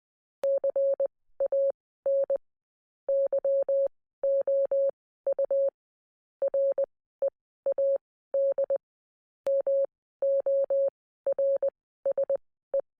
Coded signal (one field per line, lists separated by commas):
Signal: Morse code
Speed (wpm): 20 wpm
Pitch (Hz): 550 Hz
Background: none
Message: CAN YOU READ MORSE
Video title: Q36 | Can you read morse code?